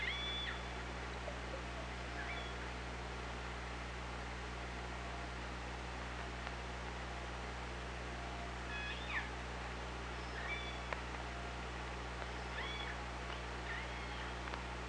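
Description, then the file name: Orca calls underwater, a few faint tonal upsweeping cries over a steady low hydrophone hum and hiss. Recorded by the OrcaLab hydrophone on 24 August 2017 at 18:32. "Orca Lab UTLN JASON 20170824 183203"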